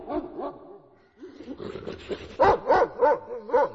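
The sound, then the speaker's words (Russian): A giant, prick-eared, grey-furred dog wearing a collar with gilded plaques barks in a deep, booming voice at dusk, answering a whistle: a few low grumbling sounds first, then a quick run of five loud, evenly spaced barks. “В ответ на этот свист в сумерках загремел низкий лай.”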